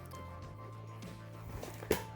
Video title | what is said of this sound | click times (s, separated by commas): Unboxing the Pride Jazzy Carbon Lightweight Electric Wheelchair | and unfold until you hear that click | 1.9 s